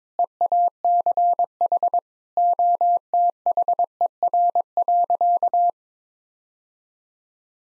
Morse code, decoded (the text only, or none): EACH OTHER.